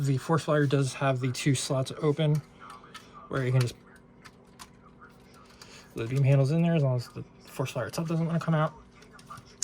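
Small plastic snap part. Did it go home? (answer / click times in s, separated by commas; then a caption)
yes / 9.6 s. On a 1/60 plastic Gundam model kit, the force flyer backpack is flipped down with the beam saber handles in its two slots while someone talks. A sharp click at 9.6 s marks the plastic force flyer backpack locking into place.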